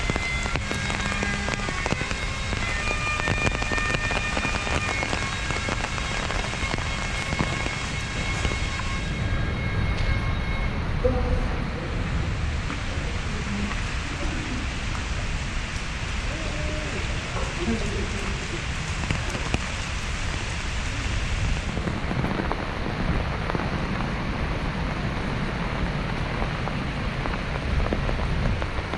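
Rain falls steadily while walking through Central Park in Manhattan, a dense, even hiss that barely changes in loudness. A low rumble of traffic runs underneath, and thin tonal whines and scattered taps come through in the first ten seconds before the sound thins slightly.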